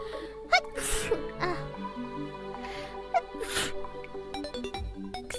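Two quick, ordinary sneeze bursts a couple of seconds apart from an adult woman, over soft background music.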